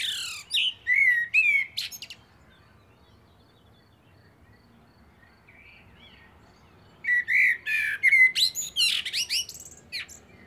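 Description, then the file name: Common blackbird song: two phrases of fluty warbling mixed with high squeaky twittering, separated by several seconds of quiet. "Turdus merula"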